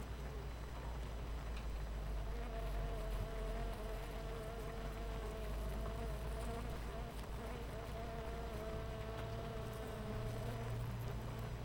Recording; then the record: honeybee colony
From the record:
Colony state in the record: missing queen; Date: 14 July 2017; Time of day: 8:46